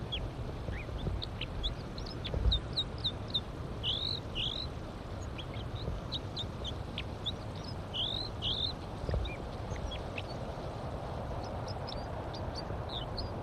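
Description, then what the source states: Crossbill singing a varied run of quick chirps with arched notes in pairs, continuous over a low background rumble. Singing while the observer waits at the nest for wild crossbills.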